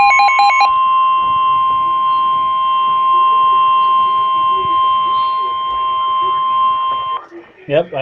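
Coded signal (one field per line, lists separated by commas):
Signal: Emergency Alert System (SAME) tones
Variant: 1050 Hz attention tone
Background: speech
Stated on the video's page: Flash flood warning for a Yakima thunderstorm.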